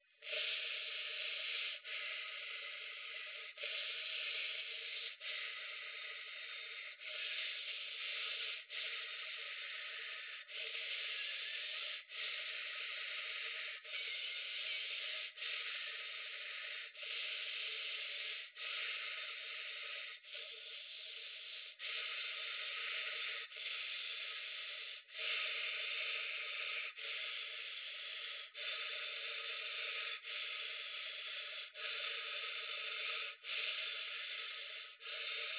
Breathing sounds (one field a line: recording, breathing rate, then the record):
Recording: paced breathing near a phone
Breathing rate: 18 breaths a minute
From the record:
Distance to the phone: 20 cm